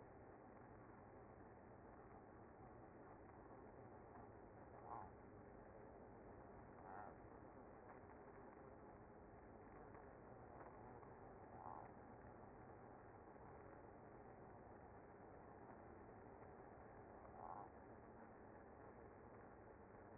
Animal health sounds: honeybee colony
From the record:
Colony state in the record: active

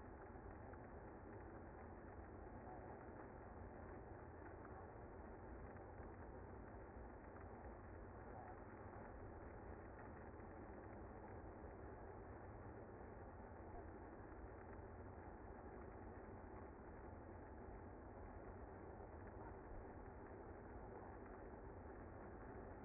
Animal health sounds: honeybee colony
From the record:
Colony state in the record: active

